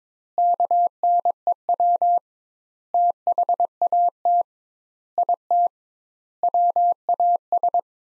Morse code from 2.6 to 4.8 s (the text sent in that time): THAT